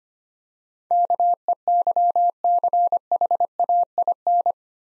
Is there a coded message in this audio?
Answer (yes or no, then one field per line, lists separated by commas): yes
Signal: Morse code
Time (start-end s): 0.9-4.5 s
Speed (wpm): 25 wpm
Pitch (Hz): 700 Hz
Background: none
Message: KEYCHAIN